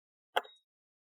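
A small antenna coax connector is lined up and pressed down onto its socket on the mainboard of a Poco X5 5G phone during a screen repair. A single sharp snap is heard at 0.4 s, followed by a brief fading tail, with silence on either side. The connector is seated in place.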